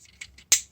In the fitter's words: and when going back into robot mode you want to make sure you give it a little push that will snap into place that way it'll hold it